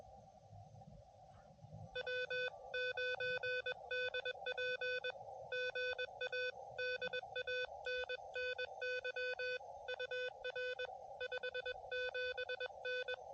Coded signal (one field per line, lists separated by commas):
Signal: Morse code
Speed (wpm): 21 wpm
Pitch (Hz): 500 Hz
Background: none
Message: W9DP GA DANNY UR 57N